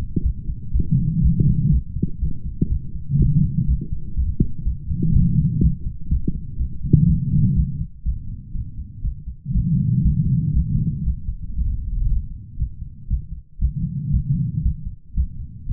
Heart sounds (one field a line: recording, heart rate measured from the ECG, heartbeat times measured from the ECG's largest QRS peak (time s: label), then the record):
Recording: heart sounds by stethoscope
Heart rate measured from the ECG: 120 bpm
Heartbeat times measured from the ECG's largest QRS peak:
0.21 s: heartbeat
0.71 s: heartbeat
1.20 s: heartbeat
1.69 s: heartbeat
2.18 s: heartbeat
2.68 s: heartbeat
3.17 s: heartbeat
3.65 s: heartbeat
4.14 s: heartbeat
4.63 s: heartbeat
5.11 s: heartbeat
5.59 s: heartbeat
6.08 s: heartbeat
6.56 s: heartbeat
7.05 s: heartbeat
7.53 s: heartbeat
8.02 s: heartbeat
8.52 s: heartbeat
9.01 s: heartbeat
9.52 s: heartbeat
10.02 s: heartbeat
10.52 s: heartbeat
11.03 s: heartbeat
11.55 s: heartbeat
12.06 s: heartbeat
12.56 s: heartbeat
13.07 s: heartbeat
13.58 s: heartbeat
14.10 s: heartbeat
14.61 s: heartbeat
15.14 s: heartbeat
15.66 s: heartbeat
From the record:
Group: healthy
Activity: light exercise 0-8 s, rest 8-16 s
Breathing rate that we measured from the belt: 14 breaths a minute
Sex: female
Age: 32 years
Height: 172 cm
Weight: 71.7 kg